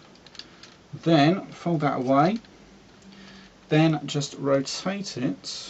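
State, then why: Seated. A folded leg section of a plastic Transformers Masterpiece Grimlock transforming robot toy is pushed until it snaps into position, locking into the leg. Small plastic clicks come in the first second, with the seating click at 0.4 s, and then someone talks. The leg part is seated.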